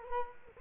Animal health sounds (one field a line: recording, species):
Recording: mosquito wingbeat signal from an infrared sensor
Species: Culex quinquefasciatus